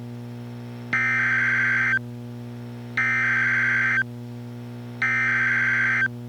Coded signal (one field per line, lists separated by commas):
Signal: Emergency Alert System (SAME) tones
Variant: header bursts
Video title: EAS #1093-1094: NWR and EAS Child Abduction Emergencies- July 10, 2025- 6:40PM PDT